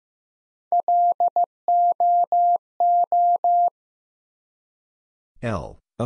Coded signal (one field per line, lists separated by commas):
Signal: Morse code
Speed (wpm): 15 wpm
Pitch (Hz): 700 Hz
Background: none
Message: LOO